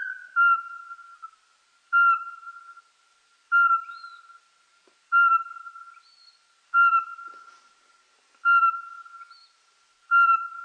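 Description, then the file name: Eurasian pygmy owl giving a steady series of clear, piping whistled notes, one roughly every 1.6 seconds, each note flat in pitch with a brief fading tail. "soweczka"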